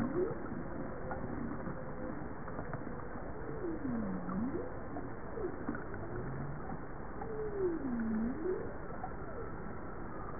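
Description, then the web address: Bowhead whale calls: low tonal sweeps that dip and rise in U-shaped curves, two clear ones about four seconds apart, over steady low underwater noise. "JASA 2013 Blue Bowhead Fin Humpback Southern Right Whale"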